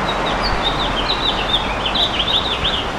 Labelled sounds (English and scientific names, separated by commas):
House Finch (Haemorhous mexicanus) song